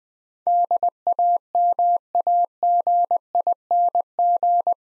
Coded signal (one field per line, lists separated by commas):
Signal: Morse code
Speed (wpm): 20 wpm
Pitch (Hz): 700 Hz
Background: none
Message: DAMAGING